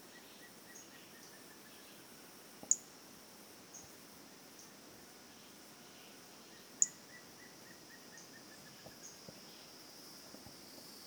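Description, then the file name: Brachycephalus albolineatus calling: two faint series of short, evenly spaced high notes over a steady insect hiss and a few sharp clicks. "Brachycephalus albolineatus LFR"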